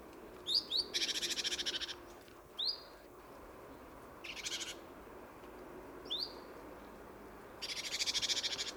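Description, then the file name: Great tit calls, three buzzy churring rattles alternating with sharp downslurred notes. "Parus major"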